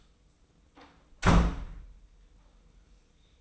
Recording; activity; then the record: daily activity, microphone in the room; close door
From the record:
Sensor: 1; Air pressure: 990.4 hPa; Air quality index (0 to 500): 158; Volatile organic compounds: 1000 ppm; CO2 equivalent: 5754 ppm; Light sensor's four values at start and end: 32/73/32/34 and 33/74/32/34